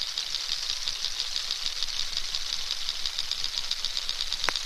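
Narwhal clicks in rapid, steady pulsing trains, with one louder sharp click near the end, over constant hiss.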